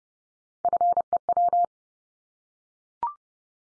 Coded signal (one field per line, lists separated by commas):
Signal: Morse code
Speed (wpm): 30 wpm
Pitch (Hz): 700 Hz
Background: none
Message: FEW